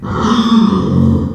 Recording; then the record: squeal of a Yucatan mini pig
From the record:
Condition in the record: after surgery on the right vocal fold (resection and tissue-engineered implant); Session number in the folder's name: 16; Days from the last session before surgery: 183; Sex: female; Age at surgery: 19 weeks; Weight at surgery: 25 kg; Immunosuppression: prednisolone